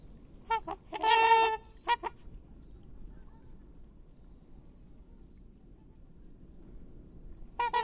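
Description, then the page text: Black swan making a few brief nasal honks and one longer bugled note early on, then a long silence, and a short call right at the end. "Cisne Negro (Cygnus atratus). Aves Fantásticas"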